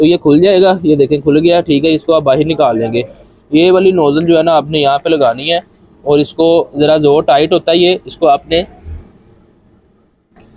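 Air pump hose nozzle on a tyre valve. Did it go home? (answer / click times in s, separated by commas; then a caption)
yes / 10.4 s. Someone talks while the hose nozzle of a China-made Honor hand air pump is pushed onto a tight tyre valve and its plastic lock lever is pressed down to clamp it. A short, sharp click is heard at 10.4 s as the lever snaps shut and the nozzle locks onto the valve.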